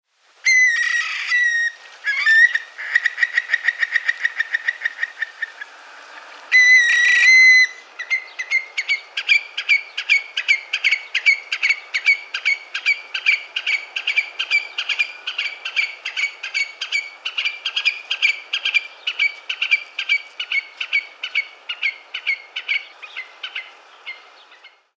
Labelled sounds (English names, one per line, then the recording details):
Eurasian Stone-curlew
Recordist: Tembrock, Günter
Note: Lautfolgen